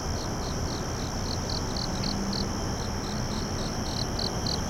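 Insect singing a high, pulsed tone, short buzzy pulses repeated rapidly over a steady hiss of background noise.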